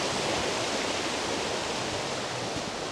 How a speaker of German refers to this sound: Und was man eben hörte an Rauschen, war das Rauschen des Klärwerks. Warum auch immer, da wird wohl Wasser umgepumpt.